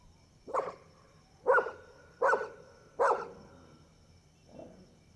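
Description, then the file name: Dog giving four sharp barks about one per second, followed by a softer, muffled bark. Several dogs barking, first far then near, at night, with crickets. "Cachorros latindo longe e depois perto a noite com grilo e passa uma moto"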